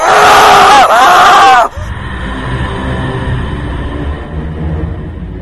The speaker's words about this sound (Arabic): بعد ما صرخت انا ما دريتش بالدنيا